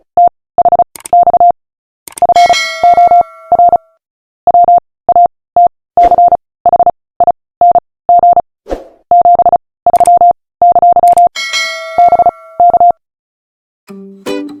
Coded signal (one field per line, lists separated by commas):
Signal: Morse code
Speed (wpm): 36 wpm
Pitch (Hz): 700 Hz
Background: none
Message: THX FOR WATCHING 73! BK